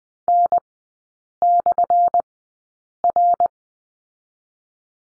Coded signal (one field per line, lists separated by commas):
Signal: Morse code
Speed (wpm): 20 wpm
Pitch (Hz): 700 Hz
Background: none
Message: N/R